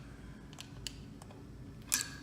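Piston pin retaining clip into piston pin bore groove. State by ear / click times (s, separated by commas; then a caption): seated / 1.9 s. A wire piston pin retaining clip is pushed with a screwdriver into its groove in the piston pin bore during a Porsche 964 3.6L to 3.8L high-compression engine build. A few faint ticks at 0.5 to 1.2 s lead to a sharp, bright snap at 1.9 s as the clip seats fully in the groove.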